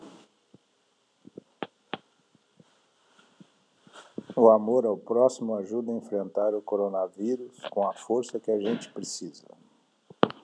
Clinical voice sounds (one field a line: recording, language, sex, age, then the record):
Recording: spoken sentence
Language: Brazilian Portuguese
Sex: male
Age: 60 to 69 years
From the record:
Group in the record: control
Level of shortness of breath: 0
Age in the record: 64 years